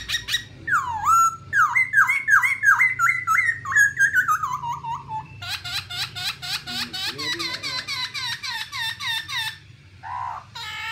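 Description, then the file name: Black-throated laughingthrush song: rapid series of rich slurred whistles sliding downward, then a long burst of fast harsh repeated notes. "tieng khuou bac ma hot"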